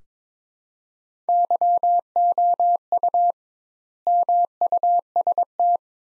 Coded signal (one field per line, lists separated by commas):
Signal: Morse code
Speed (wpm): 22 wpm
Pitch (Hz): 700 Hz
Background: none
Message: YOU MUST